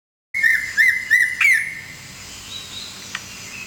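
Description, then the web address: Bird chirping, four bright whistled chirps with ringing overtones in the first second and a half, then a steady hiss with a single faint click. "Chika Pengusir-Hama-Burung-Otomatis. bird Recording 4"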